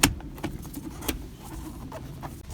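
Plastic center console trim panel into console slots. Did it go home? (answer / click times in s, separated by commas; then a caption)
yes / 0.0 s. During a shift cable replacement on a 1999–2005 Toyota Camry, a plastic center console trim panel has its lower teeth aligned into the console slots and is pushed in. It snaps into place with a sharp click at 0.0 s, followed by fainter plastic ticks and creaks through about 1.1 s. The panel is seated and fully secured.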